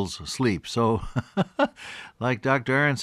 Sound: laughs

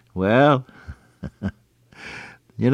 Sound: chuckle

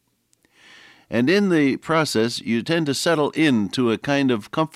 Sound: none

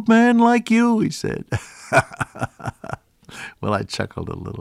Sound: chuckle

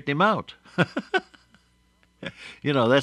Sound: laughs

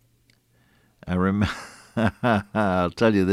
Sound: chuckle

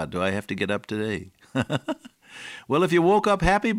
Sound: chuckle

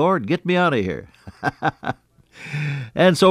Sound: laughs

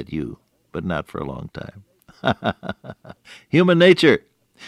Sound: chuckle

